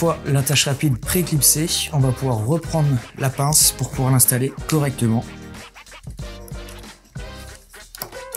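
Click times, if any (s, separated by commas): 7.9 s, 8.0 s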